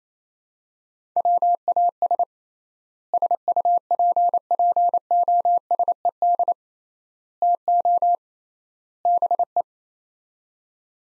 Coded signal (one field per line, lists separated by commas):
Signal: Morse code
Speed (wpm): 28 wpm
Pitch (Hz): 700 Hz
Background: none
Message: WAS SUPPOSED TO BE